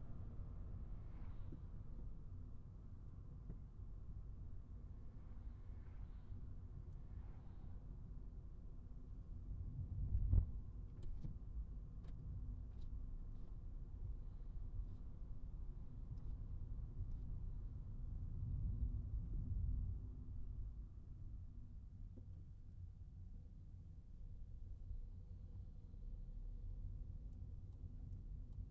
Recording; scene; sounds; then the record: everyday scene through a hearing-aid microphone; in a vehicle; engine, traffic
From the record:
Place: Skoda Fabia, gasoline engine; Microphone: behind the ear, right, front